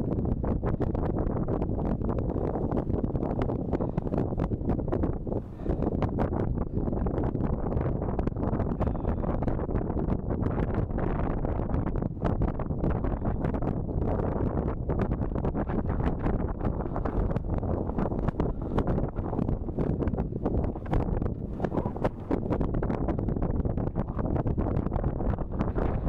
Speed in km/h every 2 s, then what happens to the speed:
13, 13, 15, 14, 16, 16, 16, 17, 17, 17, 17, 18, 18.
0-26 steady at about 16.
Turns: none.